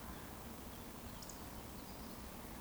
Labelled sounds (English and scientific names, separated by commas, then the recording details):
Eurasian Woodcock (Scolopax rusticola) whistle
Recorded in Baden-Württemberg, Germany, on 23 June 2020 at 19:44 UTC
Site 14569, 102 m above sea level